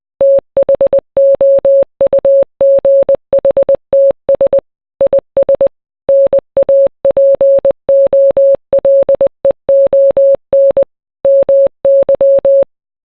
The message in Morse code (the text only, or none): THOUGHTS IS NAPOLEON MY